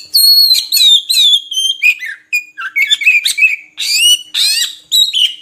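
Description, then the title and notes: Oriental magpie-robin song: continuous rich medley of whistles and slurred notes, delivered loudly with only short breaks. Long-duration filler (isian) song recording used to train magpie-robins to sing actively day and night. "Kacer Jadi Gacor Siang Malam. Isian Kacer Durasi Panjang"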